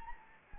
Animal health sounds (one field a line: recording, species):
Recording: mosquito wingbeat signal from an infrared sensor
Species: Anopheles gambiae